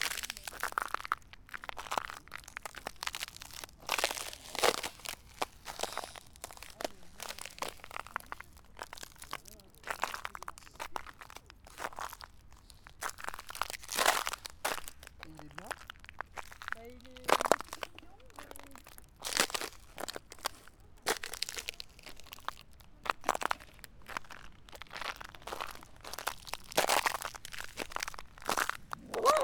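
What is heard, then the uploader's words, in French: Footsteps crunch over icy snow in an unhurried walking rhythm, each step a sharp, bright crackle spread across the whole half-minute. The crunches come fairly regular, with brief quiet gaps between them and a faint, low outdoor hush underneath. Bois de Vincennes - Paris - Micros internes du SONY PCM-D100. Depuis deux jours il gèle à pierre fendre dans le nord de la France et aussi sur Paris. Les premier sons qui apparaissent sont les craquements de mes pas sur la neige glacée.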